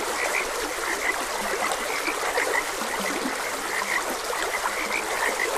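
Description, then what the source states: Frogs calling with short high notes and a few low, deeper croaks mixed in, all over continuous trickling stream noise. Frogs croaking beside a gentle stream.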